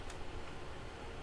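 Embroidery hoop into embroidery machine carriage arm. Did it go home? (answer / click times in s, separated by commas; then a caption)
no / none. An embroidery hoop is pushed onto the carriage arm of a home embroidery machine, and only a steady low rumble with faint background noise is heard. No click sounds and nothing has seated or clicked yet, though the pieces seem snug together.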